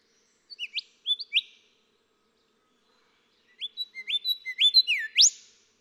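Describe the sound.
Golden whistler song: two phrases of short upslurred whistles, the second longer and finishing with a sharp, rising whip-crack.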